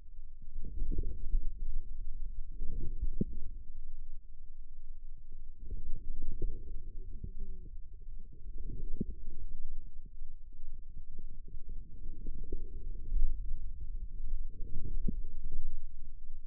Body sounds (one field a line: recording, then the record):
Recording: forearm muscle sounds (acoustic myography)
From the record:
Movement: inward rotation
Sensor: system 2, bracelet of six BSWA MPA416 microphones around the upper forearm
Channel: 2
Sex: male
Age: 22 years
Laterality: right